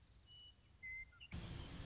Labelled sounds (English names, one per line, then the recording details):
Western Meadowlark
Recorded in Sonoma County, California